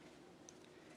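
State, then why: Seated. The remaining edge of a PET plastic lid is pressed into the opening of a native bee hive box, seating it in place. A sharp snap is heard at 0.5 s, with a fainter tick at 0.6 s, over a steady low background hum.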